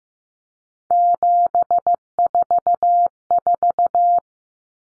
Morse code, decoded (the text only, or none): 744